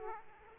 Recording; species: mosquito wingbeat signal from an infrared sensor; Aedes aegypti